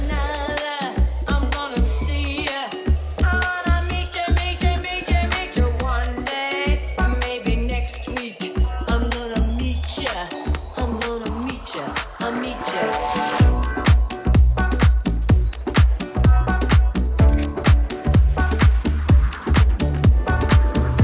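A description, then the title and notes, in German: A soundscape from Jesendorf filled by music: a steady, thumping low beat runs throughout under sustained tones and a wavering melodic line. Around 13 seconds the beat grows louder and denser, with crisp bright hits falling on each pulse until the end. Klangkulisse Jesendorf.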